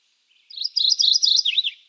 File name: Geothlypis philadelphia - Mourning Warbler